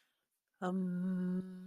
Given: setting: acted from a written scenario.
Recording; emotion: vocal sound without words; serenity